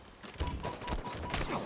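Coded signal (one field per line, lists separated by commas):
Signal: none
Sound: gunfire in a game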